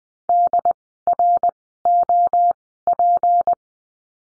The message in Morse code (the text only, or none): DROP